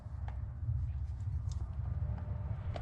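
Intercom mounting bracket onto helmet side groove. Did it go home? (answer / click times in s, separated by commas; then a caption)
no / none. A Sena Bluetooth communication system's intercom mounting bracket is guided down into the side groove of a Petzel arborist helmet before being pressed home. Over a steady low rumble, only faint, brief contact taps are heard at about 0.3 s, 1.5 s and 2.8 s. Nothing has snapped or seated yet.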